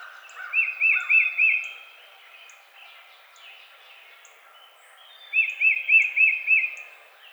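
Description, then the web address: Tufted titmouse song, two phrases of several arched whistles, with faint high ticks. Recorded 22 March 2007. "Tufted Titmouse 2007 03 22"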